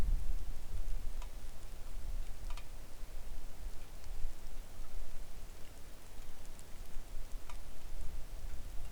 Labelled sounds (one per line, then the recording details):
rain
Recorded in the Arctic National Wildlife Refuge, Alaska, on 3 August 2019 at 09:30
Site 41